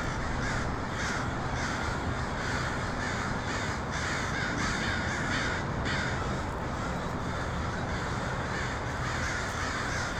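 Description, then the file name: Crows caw in a massed chorus, harsh overlapping calls forming an even din punctuated by louder bursts. Portland, 23 October 2018. "pdx crows 2018-10-23"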